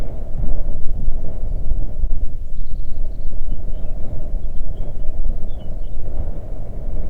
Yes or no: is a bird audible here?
yes